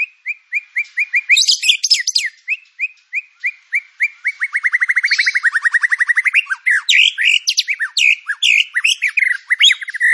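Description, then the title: White-rumped shama song: steady repeated chirps, a rapid trill, then a varied jumble of harsh, buzzy and whistled phrases delivered without a break. Lure (pancingan) song of white-rumped shama with full filler (isian) material; training material. "PANCINGAN MURAI BATU. MURAI BATU FULL MATERI ISIAN"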